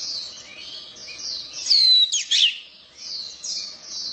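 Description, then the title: Orange-headed thrush singing high, rapid twitters with one long clear descending whistle and a sharp slurred note in the middle. Champion songbird, described as singing 'gacor teler doyorng' style. "Suara Burung Anis Merah Gacor Teler Doyorng Juara"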